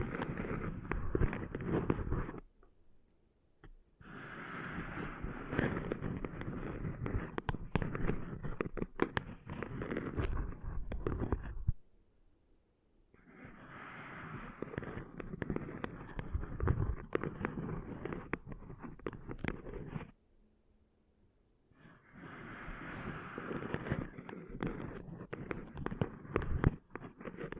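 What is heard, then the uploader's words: Sand being cleaned out of ears: dense, crackling and rustling bursts of scratchy grit, each lasting several seconds. Four bouts run from about 0–2, 4–12, 13–20 and 22–28 seconds, separated by short near-silent pauses. Sharp crackles and pops punctuate the rough texture throughout. ASMR Cleaning Sand Out of Your Ears (No Talking).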